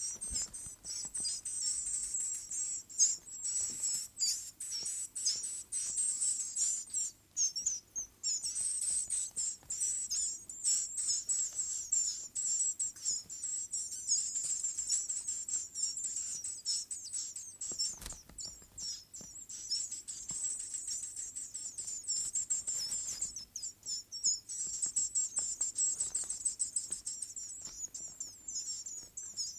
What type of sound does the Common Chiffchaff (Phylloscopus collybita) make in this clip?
begging call